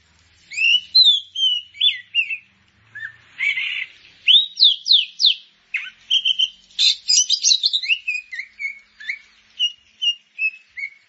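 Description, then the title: Grey-cheeked bulbul singing a lively run of whistled, slurred and scratchy phrases, about three notes a second, with brief pauses between bursts. "Kicau Burung Cucak Jenggot"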